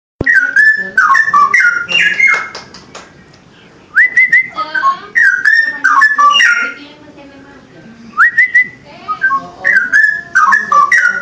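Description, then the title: Oriental magpie-robin song: bursts of clear, varied whistled phrases, sliding and warbling notes, given in runs of about three seconds separated by short pauses. "Kicau Kacer"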